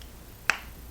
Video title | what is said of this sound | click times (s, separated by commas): MARCH 2024 Palettes of the Month | Do you guys hear that click? It clicks and like | 0.5 s